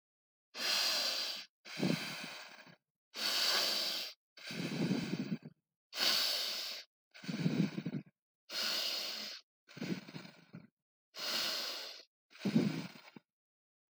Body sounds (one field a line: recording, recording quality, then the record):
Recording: deep breathing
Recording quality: excellent, no background noise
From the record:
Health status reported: healthy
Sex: female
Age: 22 years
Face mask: not worn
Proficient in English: yes